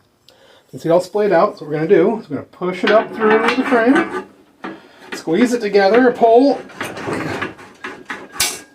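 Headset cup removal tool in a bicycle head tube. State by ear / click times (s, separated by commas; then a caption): seated / 8.4 s. Someone talks while a slotted headset cup removal tool is squeezed together, pushed up through the steel head tube of a bicycle with a vintage one-inch threaded headset, and pulled back until its spring fingers expand past the edge of the pressed-in headset cup. A sharp snap is heard at 8.4 s as the fingers open behind the cup, and the tool is seated in place.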